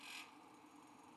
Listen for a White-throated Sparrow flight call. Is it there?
no